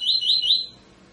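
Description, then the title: Double-collared seedeater song: three loud, quick upslurred whistles in a brief run, fading out. Tutor song used to train birds; 'tui tui fibra' song style. "COLEIRO TUI TUI FIBRA"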